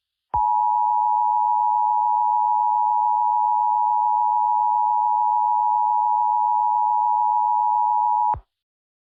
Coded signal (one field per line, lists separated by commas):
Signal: Emergency Alert System (SAME) tones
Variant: 853 and 960 Hz attention tone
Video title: EAS MOCK For Local Area Emergency